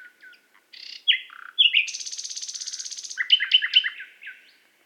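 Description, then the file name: Common nightingale song: short notes and swooping whistles, a long rapid harsh rattle, then a cluster of loud descending chirps fading out. "Luscinia megarhynchos"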